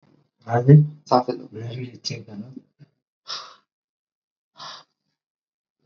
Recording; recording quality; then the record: shallow breathing; moderate, slight background noise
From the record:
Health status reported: COVID-19 positive, mild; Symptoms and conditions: cough, cold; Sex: male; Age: 38 years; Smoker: not ticked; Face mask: not worn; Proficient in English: yes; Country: India